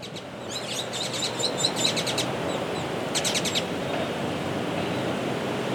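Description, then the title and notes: Carib grackle calls: two bursts of rapid, sharp, high metallic notes, the first lasting about two seconds and the second brief, over a steady background hum. Many grackles living on a tree-lined street, Calle 45 between San Esteban cemetery and Avenida Santander, Manizales, Colombia; 30 May 2023, 8:34 a.m. "Grabación de vocalizaciones de Quiscalus lugubris (tordo negro) en la calle 45, entre el cementerio San Esteban y la avenida Santander en Manizales. Esta es una calle llena de árboles donde una cantidad considerable de tordos reside. La grabación fue hecha el 30 de mayo del año 2023, a las 8:34 a.m."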